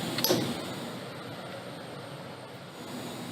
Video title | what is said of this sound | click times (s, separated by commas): SWISS Tarmac Safety ENG SUB | make sure you hear it click into place | 0.2 s